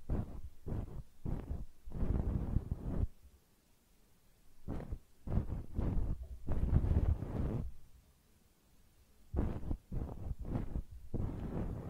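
Ear cleaning up close: muffled rubbing and scraping in uneven bursts, with short quiet gaps near four, eight and nine seconds.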